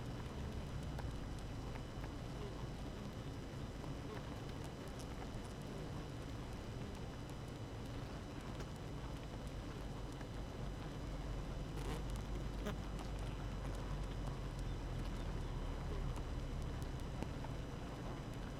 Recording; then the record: honeybee colony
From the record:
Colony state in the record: active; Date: 12 June 2018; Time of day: 6:45